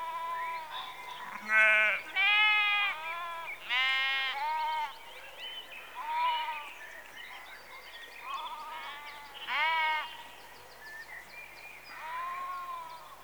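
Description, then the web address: Sheep bleating, many loud quavering harmonic bleats every few seconds, with quieter calls behind. Sheep in a rural exterior atmosphere, recorded in the early evening, close. "BBC Sound Effects Library - Exterior Atmospheres-Rural Backg Sheep Early Evening- Close"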